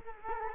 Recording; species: mosquito wingbeat signal from an infrared sensor; Culex quinquefasciatus